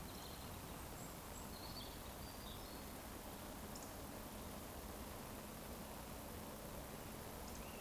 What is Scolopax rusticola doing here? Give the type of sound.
whistle